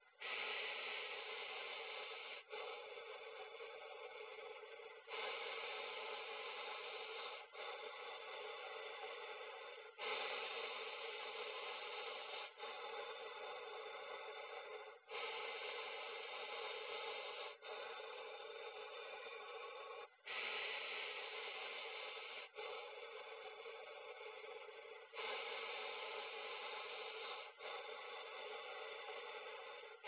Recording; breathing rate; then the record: paced breathing near a phone; 12 breaths a minute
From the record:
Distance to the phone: 20 cm